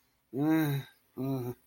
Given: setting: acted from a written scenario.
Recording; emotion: vocal sound without words; guilt